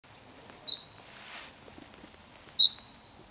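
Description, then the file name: Great tit giving thin, high notes in two clusters of two or three, separated by a pause of over a second. "Parus major"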